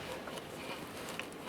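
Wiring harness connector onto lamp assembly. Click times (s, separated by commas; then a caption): 1.2 s. A plastic wiring harness connector is pushed onto a lamp assembly against a quiet, steady background. A single short, sharp click sounds at 1.2 seconds as the connector clips on and snaps into place, seated.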